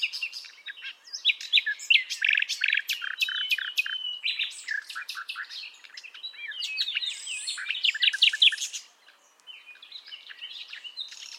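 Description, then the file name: Common nightingale song: fast bursts of sharp clicking notes, then rich varied phrases with whistles and buzzy trills, a short pause near nine seconds, then quieter phrases. "Luscinia megarhynchos"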